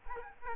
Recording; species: mosquito wingbeat signal from an infrared sensor; Aedes aegypti